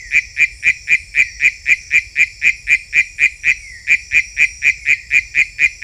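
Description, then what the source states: Philautus frog calling in a fast, even train of high clicks, about four per second, with one brief falling note midway and a constant high whine. Unidentified Philautus species labelled sp 7.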